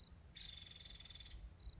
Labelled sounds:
Nuttall's Woodpecker (Dryobates nuttallii)
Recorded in Sonoma County, California

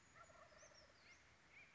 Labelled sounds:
Western Flycatcher (Empidonax difficilis)
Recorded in Sonoma County, California

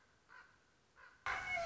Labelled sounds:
Common Raven (Corvus corax)
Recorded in Sonoma County, California

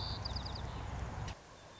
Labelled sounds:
White-crowned Sparrow (Zonotrichia leucophrys)
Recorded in Sonoma County, California

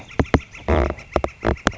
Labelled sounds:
Northern Flicker (Colaptes auratus)
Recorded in Sonoma County, California

